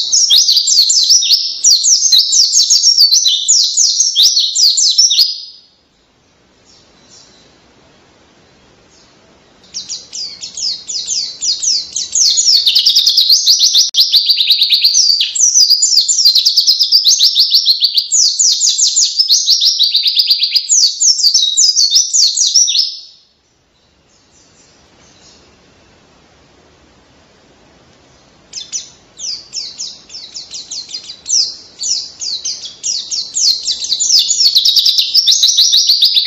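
A pleci (white-eye) sings in long, rapid, canary-like bursts of high, dense twittering, running from the start to about 5 seconds, again from about 10 to 23 seconds, and from 28 seconds to the end. Between the bursts there are near-silent pauses with faint low rustling.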